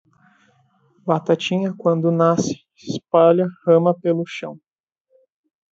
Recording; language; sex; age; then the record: short text; Brazilian Portuguese; male; 20 to 29 years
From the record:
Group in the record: control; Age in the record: 24 years